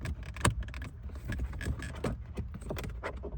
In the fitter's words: and you should hear the clicks once it's in place.